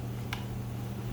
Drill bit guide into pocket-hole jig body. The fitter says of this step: It's got little tabs that allows it to lock into place.